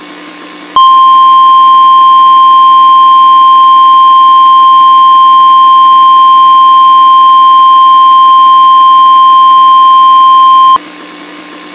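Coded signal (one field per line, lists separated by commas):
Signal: Emergency Alert System (SAME) tones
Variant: 1050 Hz attention tone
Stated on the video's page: Simulated emergency alert scenario, not a real broadcast.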